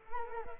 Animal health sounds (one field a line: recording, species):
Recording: mosquito wingbeat signal from an infrared sensor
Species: Culex quinquefasciatus